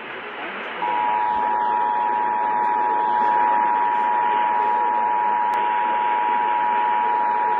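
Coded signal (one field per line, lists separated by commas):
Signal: Emergency Alert System (SAME) tones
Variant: 853 and 960 Hz attention tone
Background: speech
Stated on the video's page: Wisconsin required monthly test received on two stations.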